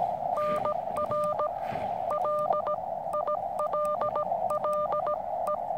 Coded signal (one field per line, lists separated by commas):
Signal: Morse code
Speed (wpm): 17 wpm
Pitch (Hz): 600 Hz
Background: none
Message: NR LILLE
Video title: First Attempt at OH8STN's Challenge, Camp Radio on 80m.